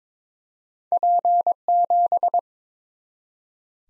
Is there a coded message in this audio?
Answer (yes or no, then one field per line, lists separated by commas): yes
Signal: Morse code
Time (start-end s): 0.9-2.4 s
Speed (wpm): 21 wpm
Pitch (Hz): 700 Hz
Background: none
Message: P7